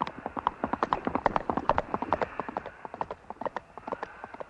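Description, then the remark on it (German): Many hooves clip-clop in a fast, dense, overlapping rhythm as several farm horses are let out of a paddock and run off together, the sharp clatter fairly loud and steady before thinning slightly toward the end. “Vanya befahl der Alten, die Koppel zu öffnen, dann ließ er die Pferde frei.”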